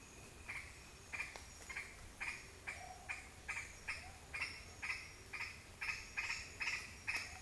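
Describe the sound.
Green aracari calling a long series of sharp, clipped notes, about two per second, over faint background hiss.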